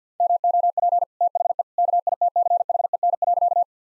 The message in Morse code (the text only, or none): MOP THE KITCHEN.